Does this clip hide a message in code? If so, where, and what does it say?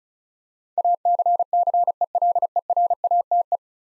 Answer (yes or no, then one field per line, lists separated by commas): yes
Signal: Morse code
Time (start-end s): 0.8-3.6 s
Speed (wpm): 36 wpm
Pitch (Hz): 700 Hz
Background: none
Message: ACCELERATE